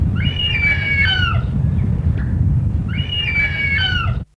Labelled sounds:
Short-toed Snake Eagle call

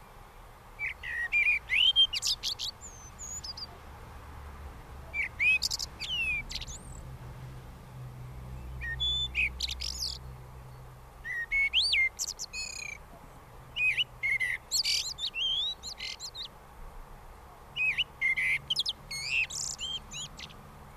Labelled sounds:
Common Blackbird song

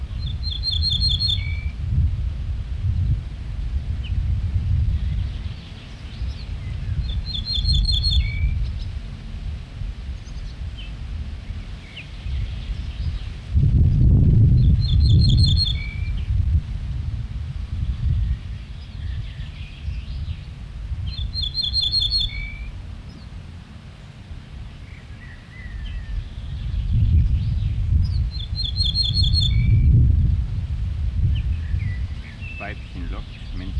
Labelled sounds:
Ortolan Bunting

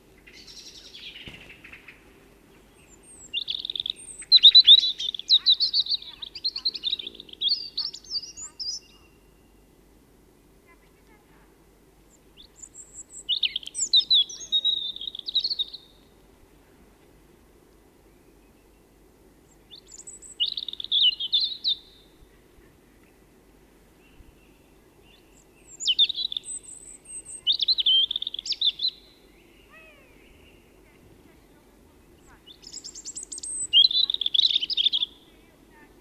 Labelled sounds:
European Robin song

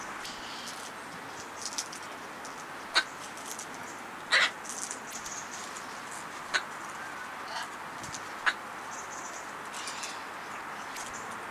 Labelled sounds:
Red-fronted Macaw

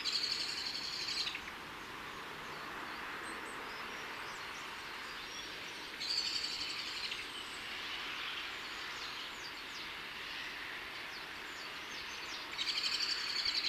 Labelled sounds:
Great Tit song

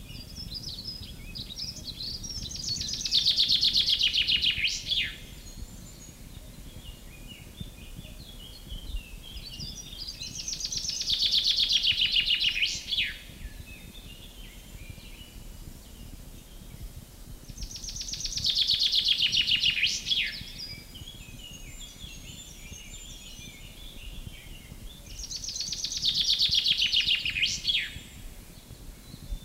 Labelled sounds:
Common Chaffinch

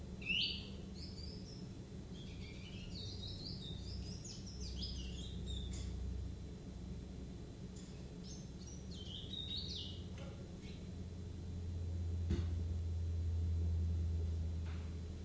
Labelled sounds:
Willow Warbler

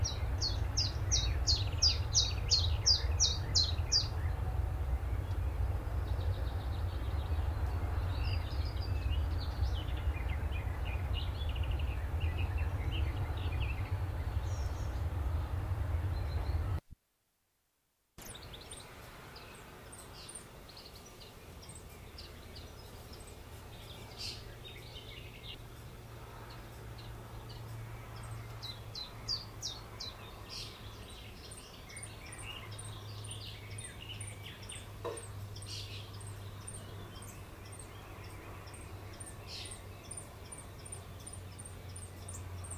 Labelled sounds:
Willow Warbler

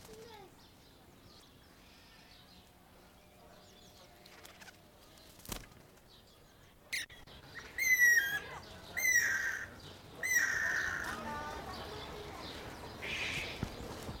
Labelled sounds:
Greater Necklaced Laughingthrush

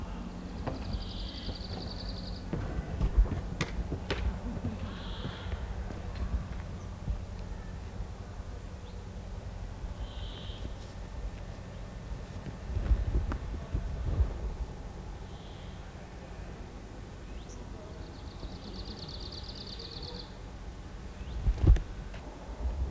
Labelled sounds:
Arctic Warbler song

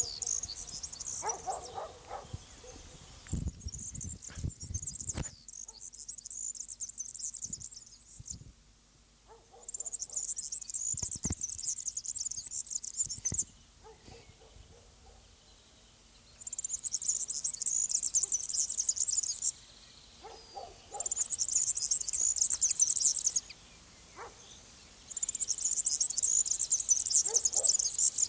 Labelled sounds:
European Serin song

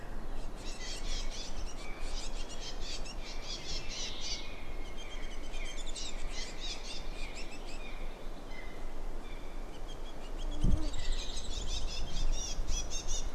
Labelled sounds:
Willow Warbler

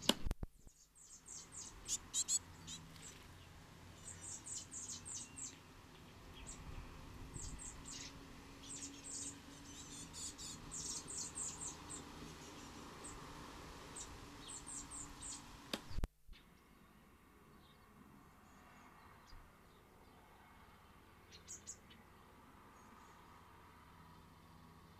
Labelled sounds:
Common Blackbird call

